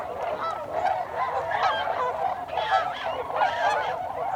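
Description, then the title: Tundra swans producing a thick wall of bugling hoots. Several tundra swans, recorded on 26 December 2020. "2020-12-26-Tundra-Swans"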